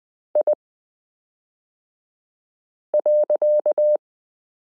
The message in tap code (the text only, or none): none